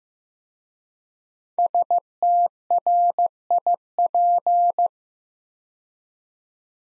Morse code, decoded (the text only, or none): STRIP